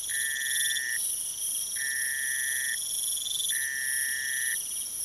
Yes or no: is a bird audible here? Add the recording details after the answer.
no. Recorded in pastures near Puerto Asís, Putumayo, Colombia, on 22 June 2025 at 04:30. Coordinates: 0.486, -76.323. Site H29